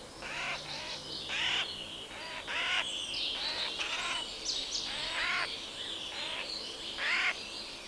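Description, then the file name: Eurasian jay giving harsh, rasping screeches, several broad noisy bursts at uneven intervals. "Garrulus glandarius"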